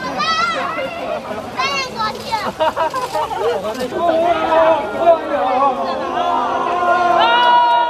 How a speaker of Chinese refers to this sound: 今天0点，海淀区国兴家园小区解封，西门缓缓打开，小朋友连蹦带跳，不少人兴奋地欢呼鼓掌。